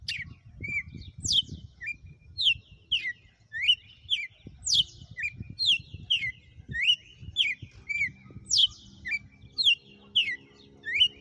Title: Canto Galo Campina Fêmea 06. Galo de campina,hj foi um açoite atrás do outro???